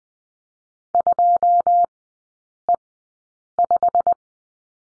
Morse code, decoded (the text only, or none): 2E5